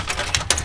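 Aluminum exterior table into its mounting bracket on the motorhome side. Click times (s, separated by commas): 0.5 s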